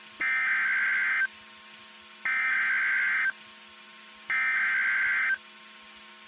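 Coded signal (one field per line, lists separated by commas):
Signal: Emergency Alert System (SAME) tones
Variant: header bursts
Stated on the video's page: Fictional EAS scenario.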